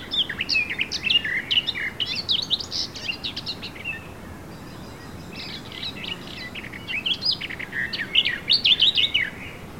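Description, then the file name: Eurasian blackcap song: two fast, scratchy warbling phrases of high chirps and short whistles, the first and last few seconds, separated by a quiet pause. "Sylvia atricapilla"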